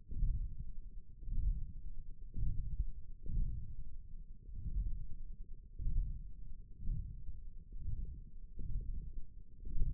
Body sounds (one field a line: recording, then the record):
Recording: forearm muscle sounds (acoustic myography)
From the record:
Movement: radial deviation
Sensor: system 1, eight BSWA MPA416 microphones around the upper forearm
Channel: 1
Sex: female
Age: 22 years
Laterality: right